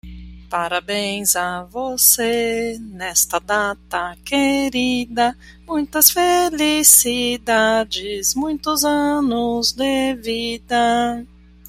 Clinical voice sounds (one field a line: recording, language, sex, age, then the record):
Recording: short text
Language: Brazilian Portuguese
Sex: female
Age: 40 to 49 years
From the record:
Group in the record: control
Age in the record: 44 years